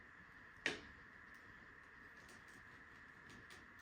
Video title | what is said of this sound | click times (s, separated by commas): FMS 1500mm Cessna 182 - unboxing | you'll hear that snap there, and then it's locked in place. | 0.7 s